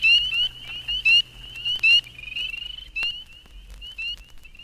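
Spring peeper chorus of high, sharp, rising peeps from many frogs, dense at first and thinning slightly, with a low hum in the background.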